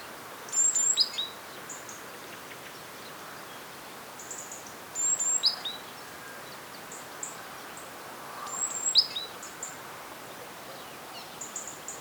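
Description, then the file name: Great tit calls: groups of very high thin whistles and ticking notes, repeated about every four seconds, against a constant low hiss. "Parus major"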